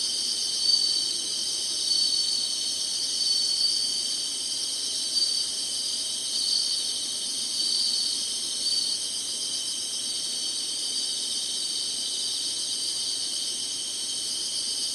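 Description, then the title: High, continuous insect buzzing in chorus, with soft swells in loudness over the first half. Summer. "SINGING INSECTS SUMMER"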